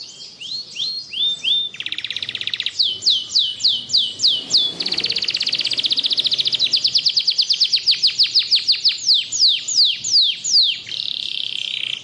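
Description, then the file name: Canary singing a long unbroken string of sweeping down-slurred whistles, dense buzzing rolls and quick trills, one phrase running into the next. Canary singing continuously in the song style called ngebren. "Suara Kenari Ngebren"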